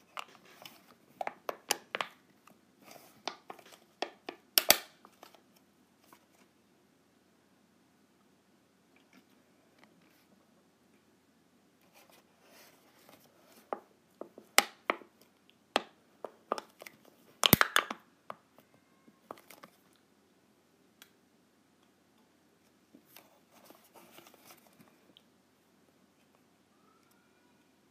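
Sharp clicks of clips being clipped come in irregular bursts, with loud snaps near 5, 15 and 18 seconds and quieter pauses between.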